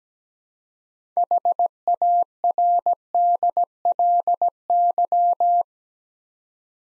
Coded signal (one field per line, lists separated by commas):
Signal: Morse code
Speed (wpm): 17 wpm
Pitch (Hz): 700 Hz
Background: none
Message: HARDLY